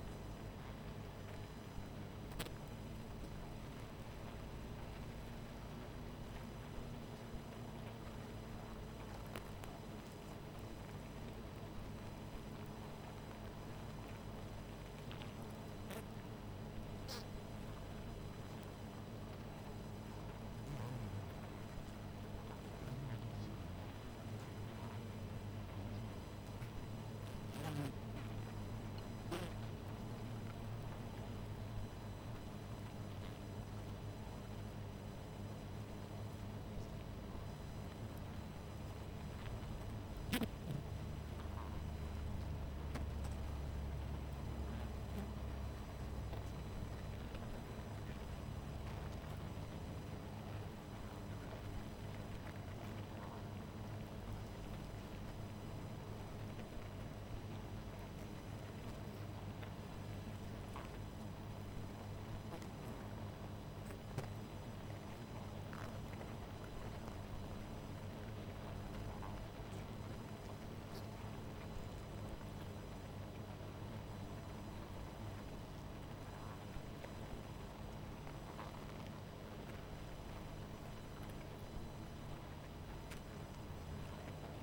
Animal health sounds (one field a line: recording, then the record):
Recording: honeybee colony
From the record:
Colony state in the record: missing queen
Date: 14 July 2017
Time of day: 19:17